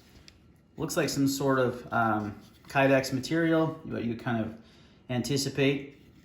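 A belt clip on a Kydex knife sheath for a fixed-blade knife is handled while someone talks, with a faint short tick near 0.3 s before the speech begins. Nothing has seated or clicked yet; the clip ends before it snaps into place.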